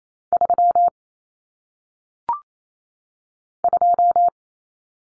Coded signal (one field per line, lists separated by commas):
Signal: Morse code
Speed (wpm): 28 wpm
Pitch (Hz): 700 Hz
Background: none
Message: 3 2